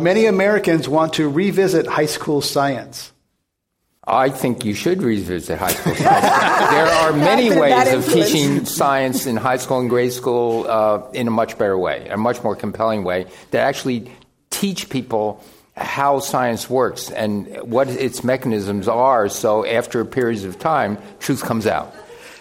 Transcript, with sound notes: Many Americans want to revisit high school science?
I think you should revisit high school science.
[Laughter]
There are many ways of teaching science in high school and grade school in a much better way and much more compelling way. To actually teach people how science works and what its mechanisms are. So after periods of time, truth comes out.